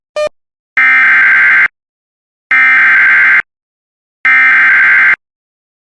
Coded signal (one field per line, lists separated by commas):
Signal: Emergency Alert System (SAME) tones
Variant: header bursts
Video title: Severe Thunderstorm Warning for Tipton, IN (EAS #137)